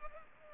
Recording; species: mosquito wingbeat signal from an infrared sensor; Culex pipiens